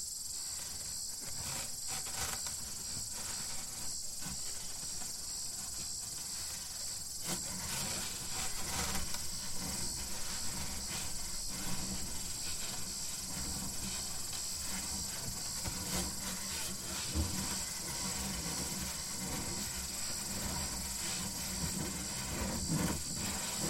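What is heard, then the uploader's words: Outdoors near the end of a desert mesa trail, insects buzz in a steady high drone over a low, soft wind rumble throughout. A field recording near the end of the Kitchen Mesa trail (Ghost Ranch, NM).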